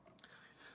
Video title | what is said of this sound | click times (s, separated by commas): Crayola Crayon Maker Set - Make Your Own Crayons! | Okay, see that? So that just locks into place. | 0.2 s